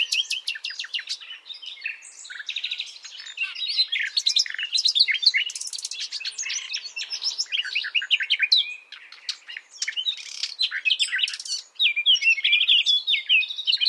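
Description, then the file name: Common nightingale singing a dense stream of chirps, trills and whistled notes, rapid and varied throughout with few pauses. "Luscinia megarhynchos"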